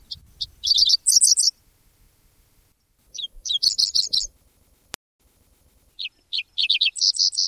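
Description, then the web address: Dickcissel song: short sharp chips leading into a quick run of high, buzzy notes, given three times roughly every three seconds, with a single sharp click between phrases. "Thumbs Plus Zoo Field Guide Repository Sounds"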